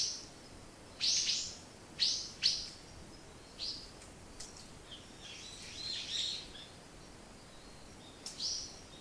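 Bird chirps: short, sharp high notes in scattered bursts, some quick double notes, with a soft warbled passage midway.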